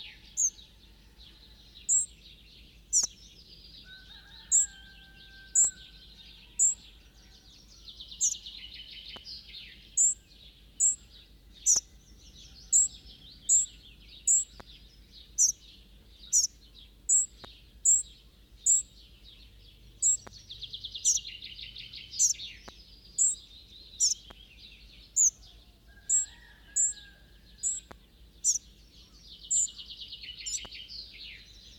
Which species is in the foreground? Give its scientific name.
Muscicapa striata